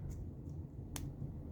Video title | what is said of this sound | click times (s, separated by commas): Part 5: 1985 Gottlieb Ice Fever Pinball Project. Some actual progress! | nice little snap | 1.0 s